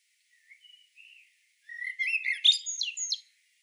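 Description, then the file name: Common blackbird with a few soft quiet notes, then a louder rich warble rising into a squeaky, chattering flourish. "Turdus merula"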